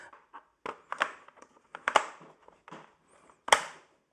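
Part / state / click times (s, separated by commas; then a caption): pressure washer hose into spray gun / seated / 1.9 s, 2.0 s, 3.5 s. The plastic high-pressure hose coupling of a Karcher K7 Full Control Plus pressure washer is pushed into the spray gun inlet, with short plastic rustling and knocking sounds. It clicks at 1.9 s, 2.0 s and 3.5 s, and the hose is connected to the gun, having gone in easily.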